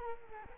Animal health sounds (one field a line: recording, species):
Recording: mosquito wingbeat signal from an infrared sensor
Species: Culex quinquefasciatus